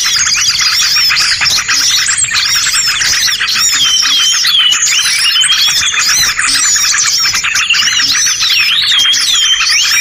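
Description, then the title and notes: Birds producing a continuous jumble of high chirps and drawn-out sliding whistles, several long rising notes standing out. Compilation of bird lure sounds used to attract stubborn birds that are hard to approach. "Suara Burung Bandel Yang Susah Mendekati. Kompilasi Suara Pikat Burung"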